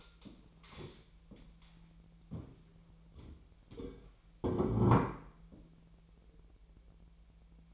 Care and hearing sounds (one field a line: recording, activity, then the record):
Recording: daily activity, microphone in the room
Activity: stand up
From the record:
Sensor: 1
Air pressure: 1001.6 hPa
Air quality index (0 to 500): 248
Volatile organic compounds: 120 ppm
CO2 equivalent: 3877 ppm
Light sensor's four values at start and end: 14/33/14/15 and 14/33/14/15